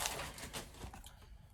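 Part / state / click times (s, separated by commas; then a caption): plastic graded comic case into storage holder / not seated / none. A plastic graded-comic case (slab) is handled as it is pushed toward a storage holder, where it is meant to lock in place so it does not crack. Soft plastic rustling and light scraping handling noises fade over about 1.5 seconds, with no sharp hits. Nothing has seated or locked yet.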